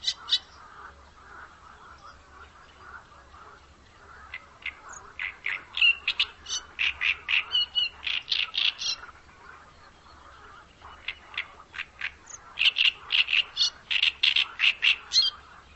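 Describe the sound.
Bird giving rapid series of short, high chirping notes in bursts, several per second, with quieter gaps between bursts.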